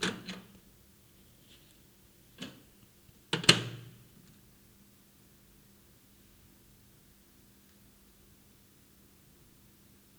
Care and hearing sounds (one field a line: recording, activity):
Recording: daily activity, guitar pickup as the sensor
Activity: use microwave